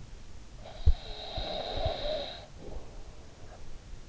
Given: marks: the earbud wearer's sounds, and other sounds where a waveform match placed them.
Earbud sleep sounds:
sounds in sleep by an in-ear microphone; snoring breath
0.18-4.09 s: snoring breath

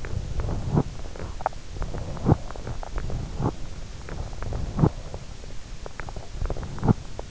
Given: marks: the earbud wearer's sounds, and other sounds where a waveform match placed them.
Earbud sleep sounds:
sounds in sleep by an in-ear microphone; teeth grinding
0.00-1.63 s: teeth grinding
1.82-2.53 s: teeth grinding
2.94-3.67 s: teeth grinding
4.19-5.26 s: teeth grinding
6.30-7.13 s: teeth grinding

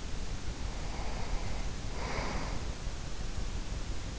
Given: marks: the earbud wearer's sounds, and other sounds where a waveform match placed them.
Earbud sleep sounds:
sounds in sleep by an in-ear microphone; breath
0.42-3.39 s: breath

